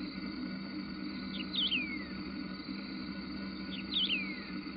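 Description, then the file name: Wedge-tailed grass-finch calls twice: a brief cluster of high notes, then a clear whistle sliding downward. A low steady hum runs beneath. Recorded in a nature reserve near Piraju, Brazil. "Emberizoides herbicola -Piraju, Brasil -nature reserve"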